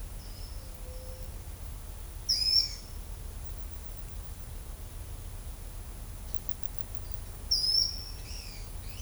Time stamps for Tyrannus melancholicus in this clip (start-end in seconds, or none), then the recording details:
none. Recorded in shrubland near Pivijay, Magdalena, Colombia, on 5 June 2023 at 12:30. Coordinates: 10.453, -74.365. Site P5-G022